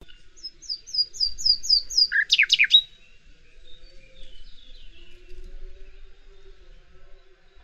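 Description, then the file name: Common nightingale song: a run of several repeated high whistled notes, then a loud rapid burst of harsh notes, followed by quiet faint notes. "Luscinia megarhynchos"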